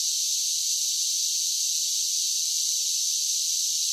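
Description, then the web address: Cicada song heard as a brief, unbroken high-pitched sizzle, steady in tone and volume, with no other noise. "Blast Wave Update 1 Cicadas Sing"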